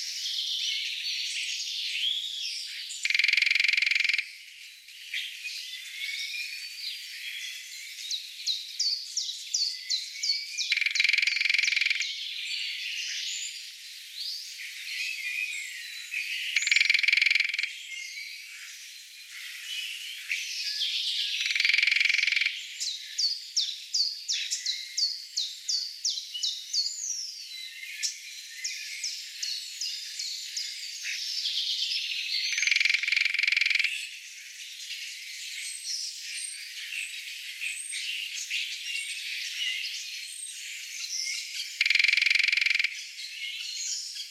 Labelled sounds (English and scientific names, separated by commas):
Lesser Spotted Woodpecker (Dendrocopos minor) drumming